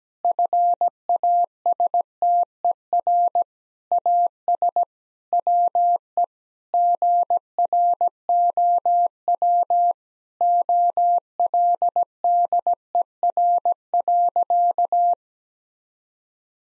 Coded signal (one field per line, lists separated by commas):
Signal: Morse code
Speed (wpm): 17 wpm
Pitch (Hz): 700 Hz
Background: none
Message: FASTER AS WE GROW OLDER.